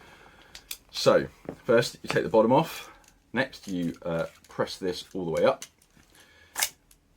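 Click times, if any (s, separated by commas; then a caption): 6.9 s. Someone talks while working on a polymer airsoft gas blowback magazine for the Marui MWS, with its bottom removed, pressing the follower all the way up. Short sharp clicks cut through between the words, and at 6.9 s the follower clicks into place, where it is held in.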